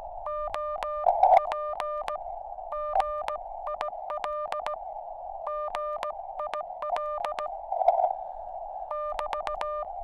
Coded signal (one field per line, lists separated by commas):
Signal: Morse code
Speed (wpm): 17 wpm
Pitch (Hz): 1200 Hz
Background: none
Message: OP GIL GIL <BT>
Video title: NVIS Morse Radio Contact at Col d'EZE Near Nice.